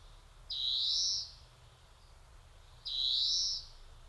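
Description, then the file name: European greenfinch giving two drawn-out nasal wheezes that swell and rise slightly, about two seconds apart, over faint low background noise. "Chloris chloris"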